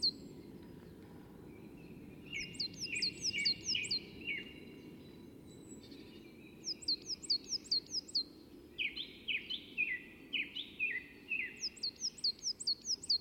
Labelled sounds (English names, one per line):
Coal Tit